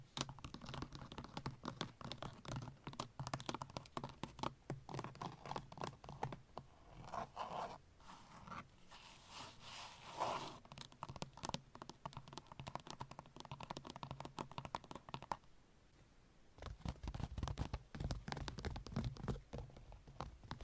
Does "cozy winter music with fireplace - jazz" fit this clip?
no